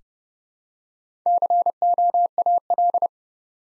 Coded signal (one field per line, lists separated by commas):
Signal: Morse code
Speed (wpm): 29 wpm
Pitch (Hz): 700 Hz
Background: none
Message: COAL